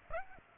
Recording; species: mosquito wingbeat signal from an infrared sensor; Aedes aegypti